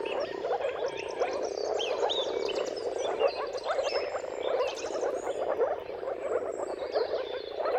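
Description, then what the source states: Moor frogs calling in a thick, continuous chorus of soft, hollow bubbling notes; faint bird chirps are mixed in. Many moor frogs giving mating calls in a dawn chorus at sunrise, at the turn of March and April, timing depending on weather.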